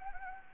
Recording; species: mosquito wingbeat signal from an infrared sensor; Anopheles gambiae